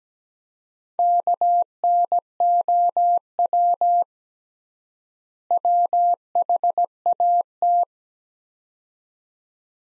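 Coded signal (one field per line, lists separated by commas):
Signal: Morse code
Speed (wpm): 17 wpm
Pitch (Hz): 700 Hz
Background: none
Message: KNOW WHAT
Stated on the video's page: Morse practice sets of two words at 17 wpm with 3x word-spacing, a Farnsworth-like method applied to words, for head-copying.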